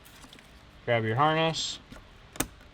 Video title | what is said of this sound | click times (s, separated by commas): How to Replace a G35 VQ35DE Mass Air Flow Sensor | it back in, and make sure you hear a click. That means once it's clicked, that means it's not going anywhere. | 2.4 s